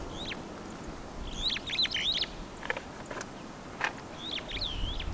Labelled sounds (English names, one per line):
Superb Starling flight call